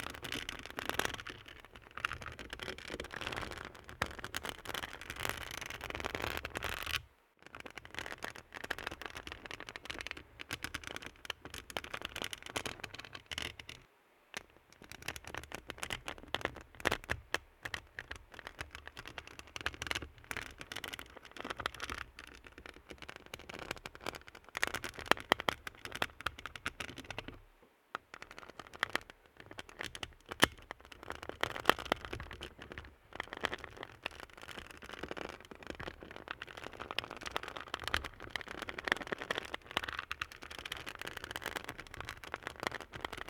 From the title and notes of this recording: Nails Tapping. The delicate sounds of rhythmic nail taps.